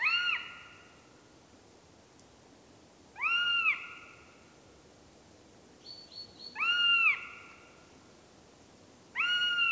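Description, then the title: Northern Goshawk gives plaintive arched wails roughly every three seconds, each a steady nasal note rising and falling slightly, with faint softer notes between. "Kanahaukka"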